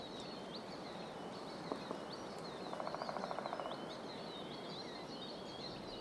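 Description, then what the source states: Woodpecker drumming, one brief rapid roll of evenly spaced knocks midway, with a couple of single taps before it and high songbirds calling steadily over calm forest background. Woodpeckers drumming on tree trunks shortly after dawn in the Fermansbo Urskog Nature Reserve forest; forest extremely calm.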